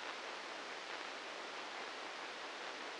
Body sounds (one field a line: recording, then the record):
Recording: brain microelectrode recording played as sound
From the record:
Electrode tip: inside the subthalamic nucleus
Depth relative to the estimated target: -4 mm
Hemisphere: right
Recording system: NeuroSet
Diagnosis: Parkinson's disease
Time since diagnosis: 8 years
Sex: male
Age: 59 years